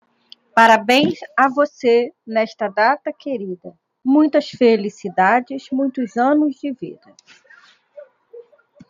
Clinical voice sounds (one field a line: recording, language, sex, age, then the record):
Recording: short text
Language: Brazilian Portuguese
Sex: female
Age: 40 to 49 years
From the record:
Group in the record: control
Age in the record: 47 years